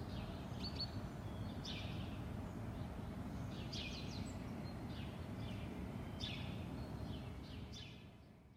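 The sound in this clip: Birds giving scattered high chirps and short chattering bursts, with a constant low rumble underneath that fades at the end.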